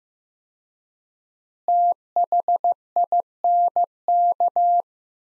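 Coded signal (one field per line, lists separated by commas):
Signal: Morse code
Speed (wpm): 15 wpm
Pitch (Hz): 700 Hz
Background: none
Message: THINK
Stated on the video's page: Morse practice sets of five words at 15 wpm with 4x word spacing, similar to Farnsworth; each set is sent in Morse then spoken.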